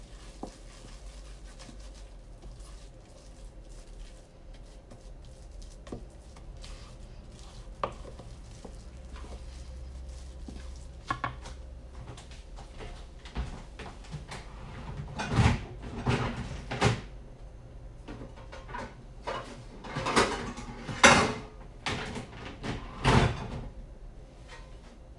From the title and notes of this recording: Making Banana Bread. I made a loaf of banana bread.